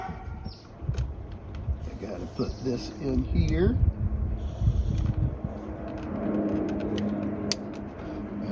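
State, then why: Seated. A small red plastic locking clip on the airbag connector of a Gen6 Camaro SS is pushed back into place while installing carbon fiber extended shift paddles, and someone talks. Handling noises lead up to a sharp snap at 7.5 s as the clip seats.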